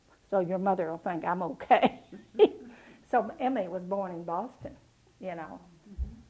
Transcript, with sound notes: So your mother will think I’m okay.” [laughs] So Emmy was born in Boston, you know.
Um-hm.